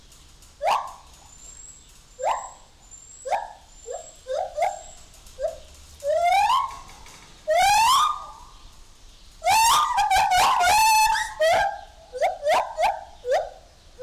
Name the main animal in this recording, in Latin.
Hylobates lar